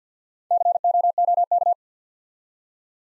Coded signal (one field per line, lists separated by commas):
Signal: Morse code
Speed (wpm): 48 wpm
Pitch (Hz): 700 Hz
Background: none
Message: COOK